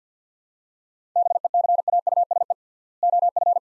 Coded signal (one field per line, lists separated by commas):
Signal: Morse code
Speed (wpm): 49 wpm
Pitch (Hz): 700 Hz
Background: none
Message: BECAUSE OF